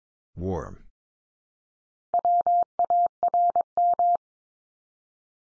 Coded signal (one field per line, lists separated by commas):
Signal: Morse code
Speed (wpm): 22 wpm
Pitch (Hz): 700 Hz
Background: speech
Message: WARM